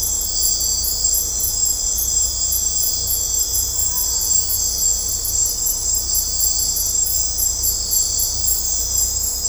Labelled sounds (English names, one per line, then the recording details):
none
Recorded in dense forest near Puerto Asís, Putumayo, Colombia, on 16 December 2024 at 21:30
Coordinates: 0.503, -76.323
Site G043